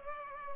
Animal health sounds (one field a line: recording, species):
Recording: mosquito wingbeat signal from an infrared sensor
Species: Culex pipiens